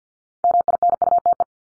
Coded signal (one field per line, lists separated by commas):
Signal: Morse code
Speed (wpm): 50 wpm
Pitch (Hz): 700 Hz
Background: none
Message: MINUTE